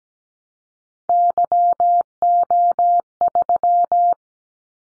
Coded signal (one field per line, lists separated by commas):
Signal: Morse code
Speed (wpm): 17 wpm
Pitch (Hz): 700 Hz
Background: none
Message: YO3